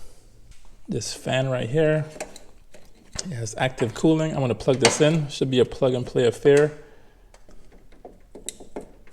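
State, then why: Seated. Someone talks about an LED headlight bulb with an active cooling fan, then plugs the bulb's plastic wiring connector into the car's headlight wiring harness plug. Small handling clicks and taps follow the speech, and the connector latches with a sharp click at 8.5 s, seating it in place.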